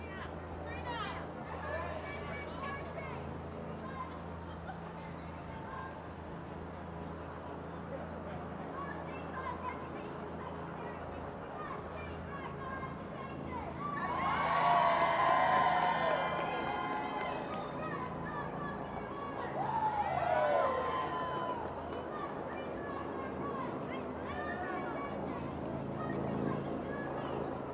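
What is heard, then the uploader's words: Crowd at a women's march outdoors, with a steady murmur of voices and low traffic hum, rising into louder shouts around fifteen and twenty seconds. WOMXNS MARCH_raw_09 by Andy "soundeziner" Martin.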